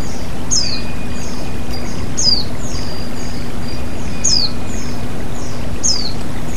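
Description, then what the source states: White-eye calls: four bright, high downslurred chips, spaced about every one and a half to two seconds, each trailed by softer notes, over continuous flowing water and hum. White-eye sounds mixed with flowing water, produced as bird therapy audio.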